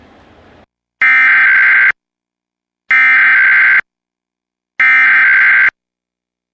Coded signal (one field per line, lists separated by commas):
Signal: Emergency Alert System (SAME) tones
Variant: header bursts